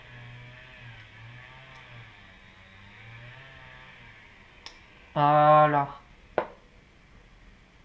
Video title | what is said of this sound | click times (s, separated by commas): [TUTO] Upgrade et "custom" sur G19 [AIRSOFT] | fallait entendre le petit clic | 6.4 s